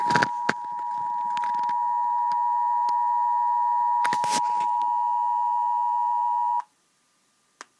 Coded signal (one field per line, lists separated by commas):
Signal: Emergency Alert System (SAME) tones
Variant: 853 and 960 Hz attention tone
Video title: EAS 637 SMW